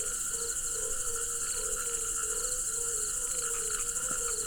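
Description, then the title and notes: Crickets trilling steadily and high, with short pulsed chirps and low frog notes. Crickets together with frogs, at a pool on the Hajnice stream, Ústí, Czechia. "Ústí, Czechia - žáby a cvrčci Hajnice. žáby a cvrčci u hodní tůně na potoce Hajnice"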